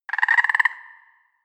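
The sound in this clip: Frog croak: a single short, rapidly pulsed rattling croak of about a dozen beats, fading quickly into silence.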